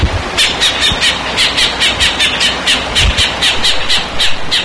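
Bird uttering loud, harsh squawks repeated at an even quick pace, some low rumbling bumps at the start and near three seconds.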